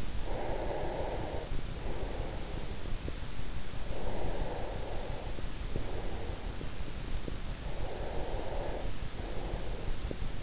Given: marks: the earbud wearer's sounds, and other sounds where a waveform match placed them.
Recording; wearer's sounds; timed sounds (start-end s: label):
sounds in sleep by an in-ear microphone; breath
0.00-3.29 s: breath
3.56-6.95 s: breath
7.59-10.42 s: breath